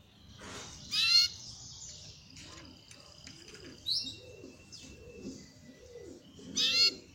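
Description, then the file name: Belgian canary singing ringing harmonic bursts and thin sustained whistles, with soft lower arching sounds repeated in the background. Copper-coloured Belgian canary. "canto do canario belga cobre"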